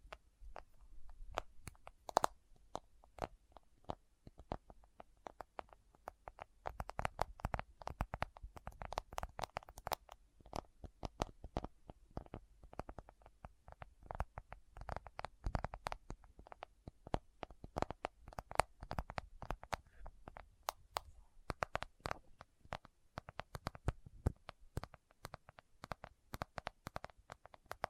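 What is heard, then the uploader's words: Items are pulled from a bag and handled without any talking, filling the clip with crisp clicks, taps and crinkly rustles. The sounds come thick and irregular throughout, sharpest around 7 to 10 seconds, with a low soft rumble underneath until about 21 seconds. ASMR What's In My Bag (No Talking).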